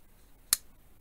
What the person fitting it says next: Ja, das war das Klicken. Nochmal.